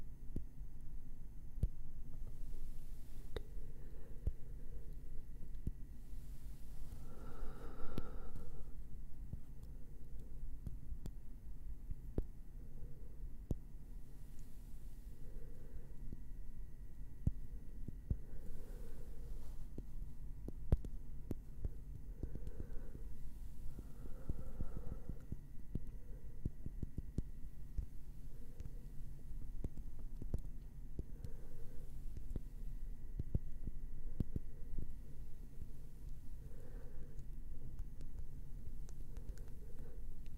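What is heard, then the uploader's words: Gentle wooden tapping plays over a steady low hum, with soft hollow knocks arriving every two to three seconds at an unhurried pace. Brighter, fuller taps stand out near eight and twenty-five seconds, and faint light rustling fills the gaps between knocks. ASMR gentle Wood Triggers - tapping & scratching.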